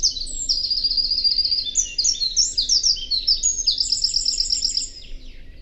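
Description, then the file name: Eurasian wren singing a loud, fast cascade of high, sharp notes and rattling trills, delivered without pause for about five seconds before fading, over a faint low hiss. "Troglodytes troglodytes"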